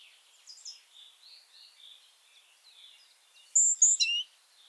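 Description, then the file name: Great tit calls: soft, scattered twittering notes at first, then a loud burst of three sharp, high notes near the end. "Parus major"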